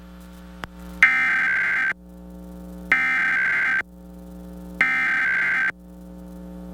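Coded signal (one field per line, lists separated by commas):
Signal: Emergency Alert System (SAME) tones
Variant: header bursts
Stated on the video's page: National Periodic Test of the EAS as aired by local TV stations.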